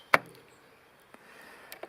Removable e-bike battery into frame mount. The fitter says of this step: and then push it sideways until it clicks